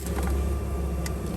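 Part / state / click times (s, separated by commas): CO2 tubing connector onto endoscope port / seated / 1.1 s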